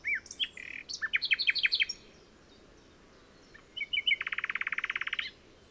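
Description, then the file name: Common nightingale song: a burst of quick sharp notes, a pause, then a long fast buzzy rattle of repeated notes at a steady pace. "Luscinia megarhynchos"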